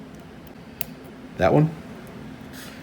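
On an Apple iPod Classic 7th Gen logic board, during a 512GB SSD upgrade, the white part of the battery connector is held down while a paperclip tool is run along its back side. A sharp, brief click at 0.8 s marks the battery connector latch clicking open and releasing. Someone then talks briefly over a quiet background.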